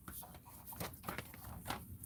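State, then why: Not seated. A hard solid-plastic wheel is being handled and pressed toward its axle mount on a toy military vehicle, producing light plastic taps and rubbing with a sharper tick near 1.2 seconds. The wheel has not seated or clicked onto the axle yet.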